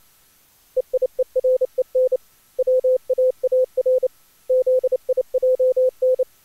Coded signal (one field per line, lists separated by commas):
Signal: Morse code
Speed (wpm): 29 wpm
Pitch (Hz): 510 Hz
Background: none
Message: EIEREN WAAR ZIJN